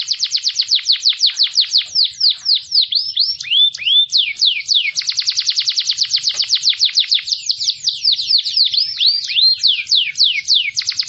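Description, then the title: Canary delivering a continuous high song, quick rattling trills giving way to slower swooping whistles and back again, nothing else audible. "Kenari"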